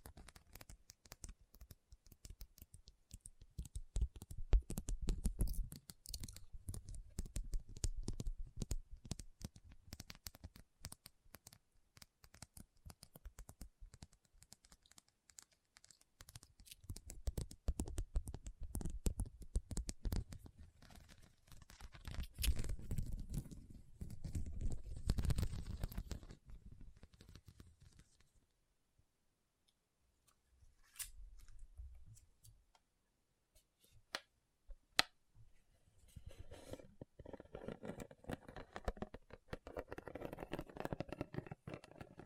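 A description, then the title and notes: Dense tapping and scratching on rhinestones, a fast clicking patter with bursts of low rubbing around 5–9, 17–27 and after 36 seconds. A near-silent pause falls near 29–34 seconds, broken by a single sharp tap at about 35 seconds. ASMR SENSATIONAL RHINESTONE Tapping & Scratching Sounds (No Talking).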